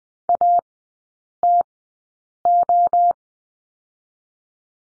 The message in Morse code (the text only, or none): ATO